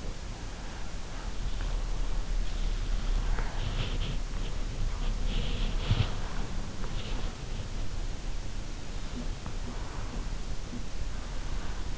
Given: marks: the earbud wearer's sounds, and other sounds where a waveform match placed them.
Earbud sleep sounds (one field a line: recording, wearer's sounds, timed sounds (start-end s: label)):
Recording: sounds in sleep by an in-ear microphone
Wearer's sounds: body movement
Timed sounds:
0.00-11.98 s: body movement
8.93-11.79 s: sound from someone else or the room